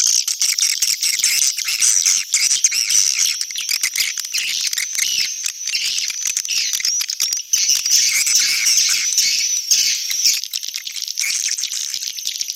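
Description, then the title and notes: Swiftlets calling in a thick, buzzy, high twittering chorus that runs without pause. Swiftlet farming, Asia. "Swiflet Bird Sound. Farming Swiflet Bird asia sound"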